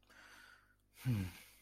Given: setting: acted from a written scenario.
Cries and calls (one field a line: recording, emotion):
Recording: vocal sound without words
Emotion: relief